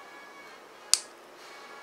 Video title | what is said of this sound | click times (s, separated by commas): Daban MG Sazabi Ver Ka, Part 1 (Head, Torso, Hands, Feet & Hips) | satisfying click | 0.9 s